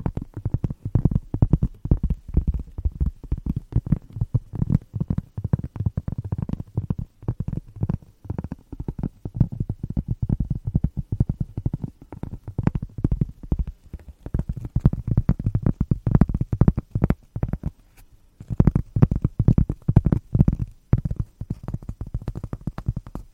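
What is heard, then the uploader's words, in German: Rapid tapping runs almost nonstop, a dense stream of short, dull knocks with a deep, thuddy body and little brightness. The pace is quick and uneven, with a brief lull around eighteen seconds before the tapping resumes just as busily. ASMR - "Tapp, tapp, tapp".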